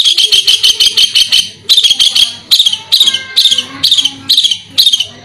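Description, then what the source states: Long-tailed shrike song: rapid high chattering notes in quick runs, then short grouped bursts repeated roughly twice a second. Masteran (training recording) of cendet song.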